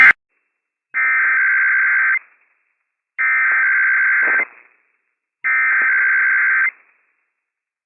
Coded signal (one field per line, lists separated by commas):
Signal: Emergency Alert System (SAME) tones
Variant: header bursts